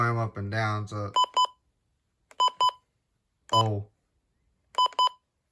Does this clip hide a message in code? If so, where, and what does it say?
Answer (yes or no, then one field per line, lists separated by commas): no